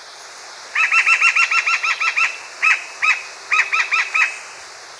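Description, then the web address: Northern mountain cacique calling with a rapid series of clipped notes, a long run followed by a few single notes and a short group, over light background hiss. Recorded in Ecuador. "Birds of Ecuador. Northern Mountain-Cacique"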